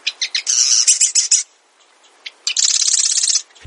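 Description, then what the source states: Marsh Wren song: a few sharp ticking notes lead into a fast grating trill, a pause with one click, then a second dense buzzy rattle lasting about a second. Song likened to the grating of a rusty hinge and to air bubbles forcing their way through mud.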